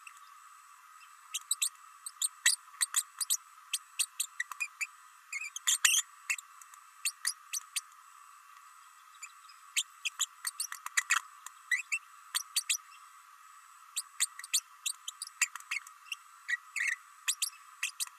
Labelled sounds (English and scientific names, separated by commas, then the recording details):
Green-rumped Parrotlet (Forpus passerinus) babbling
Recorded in a nest box in Venezuela
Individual 18B104A5